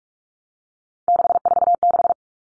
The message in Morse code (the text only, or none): 646